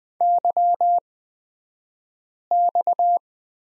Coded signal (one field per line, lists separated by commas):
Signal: Morse code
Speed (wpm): 20 wpm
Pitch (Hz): 700 Hz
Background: none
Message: YX